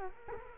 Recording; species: mosquito wingbeat signal from an infrared sensor; Culex quinquefasciatus